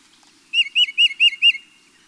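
Titmouse song, five clear whistled notes in a quick even series, each note slurring up and down.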